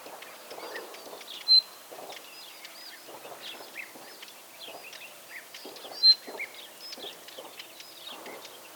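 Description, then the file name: Common nightingale giving two brief piercing whistles several seconds apart, amid many softer chirps and twitters throughout. "Luscinia megarhynchos"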